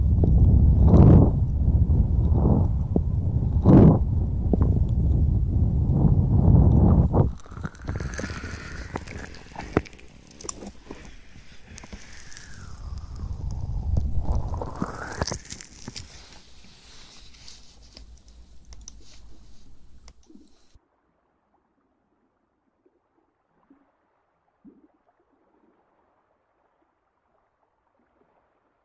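An ear massage trigger opens with dense, low rubbing and muffled thumps for about seven seconds, with sharper knocks near one and four seconds. Softer brushing follows, swelling again around fourteen seconds with airy, sweeping strokes, then stops near twenty seconds, leaving near-silence with a few faint ticks.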